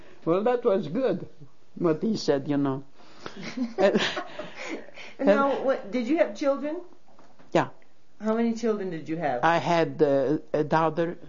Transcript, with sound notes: Well, that was good, what he said, you know. ( they laugh )
Now, did you have children?
Yeah.
How many children did you have?
I had a daughter.